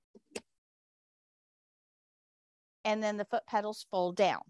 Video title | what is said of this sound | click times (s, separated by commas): Live Classroom Feed 22AM07 Day 6 | snap in place you just bring them forward and you can hear them snap | 0.4 s